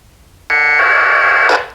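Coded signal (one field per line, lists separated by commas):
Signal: packet radio (AX.25, as in APRS)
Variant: 1200 baud AFSK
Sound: one harsh one-second warbling data burst after silence, ending in a squelch crash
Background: radio squelch tail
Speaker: do you hear that i set up so every five seconds it should broadcast a packet there's another packet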